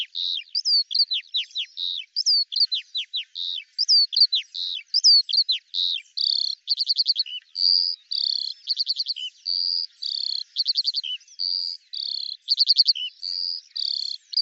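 Eurasian skylark song: high twittering notes at first, then a run of rapid buzzy trills and chirps that barely pauses.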